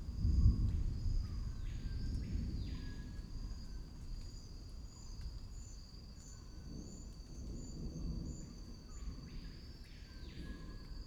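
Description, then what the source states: Insects droning in a continuous high, steady two-toned buzz, with several falling swooping calls at the start and end over a deep low rumble. Insect solo recorded in the Amazon rainforest.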